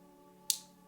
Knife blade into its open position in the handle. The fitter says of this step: a real nice crisp snap into place and when you hold it